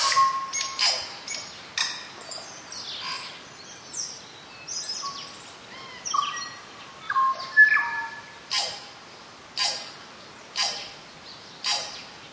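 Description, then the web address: Tui song mixing clear bell-like whistles, sharp clicks and harsh wheezy bursts in an irregular run of phrases. Northland bush, New Zealand. "Lynne Music Northland-Bush-Tui"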